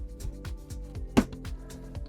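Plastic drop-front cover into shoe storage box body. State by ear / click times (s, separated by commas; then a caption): seated / 1.2 s. The drop-front plastic cover of a Container Store XL shoe storage box is pressed into its hinge slots on the box body, with background music playing and faint ticks around it. A sharp snap at 1.2 s shows the cover has seated.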